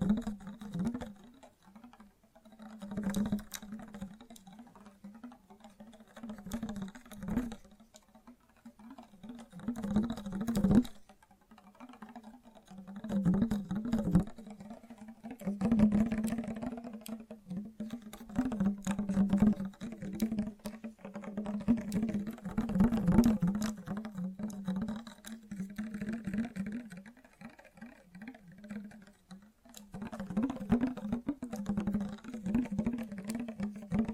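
Gentle, fast tapping runs through the whole clip in quick, dense bursts with brief pauses, sharp clicks standing out around 3, 11 and 30 seconds. A steady low hum sits beneath the taps, and the loudness rises and falls unevenly throughout.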